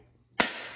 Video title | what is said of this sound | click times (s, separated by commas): Lego Star Wars Planet Series 4 B-wing Starfighter & Endor | it does make that little loud make that little clicking sound you | 0.4 s